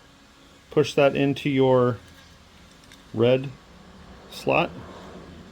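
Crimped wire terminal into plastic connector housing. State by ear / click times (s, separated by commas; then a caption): not seated / none. A crimped terminal on a red wire is being pushed by hand toward the red slot of a plastic connector housing while someone talks, with only faint handling sounds between the words. Nothing has seated or clicked yet; the clip ends just before the terminal locks into the slot.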